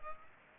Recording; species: mosquito wingbeat signal from an infrared sensor; Culex pipiens